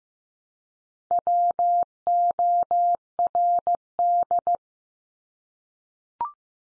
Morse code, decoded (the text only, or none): WORD